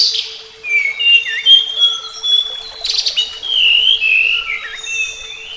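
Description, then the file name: Flycatcher song of varied whistled notes and warbled slurs, lively and continuous, broken by a short buzzy burst midway, over a constant faint hum. Flycatcher song presented as therapy (terapi); uploaded 2014. "terapi sikatan"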